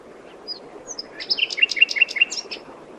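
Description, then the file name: Common nightingale song: a couple of thin whistles lead into a fast series of several repeated clicking, bubbling notes, closing with a higher chirp. "Luscinia megarhynchos"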